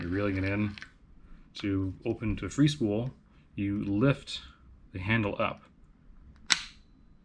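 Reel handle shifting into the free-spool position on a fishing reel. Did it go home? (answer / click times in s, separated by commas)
yes / 6.5 s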